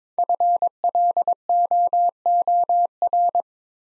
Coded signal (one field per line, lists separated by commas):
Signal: Morse code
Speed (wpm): 22 wpm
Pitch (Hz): 700 Hz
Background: none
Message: FLOOR